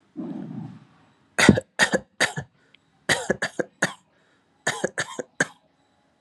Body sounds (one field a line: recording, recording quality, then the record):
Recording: shallow voluntary cough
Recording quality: excellent, no background noise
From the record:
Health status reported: COVID-19 positive, mild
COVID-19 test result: positive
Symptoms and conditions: sore throat, fever, fatigue, muscle pain, loss of smell and taste, diarrhoea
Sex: male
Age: 35 years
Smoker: not ticked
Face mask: not worn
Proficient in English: yes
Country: India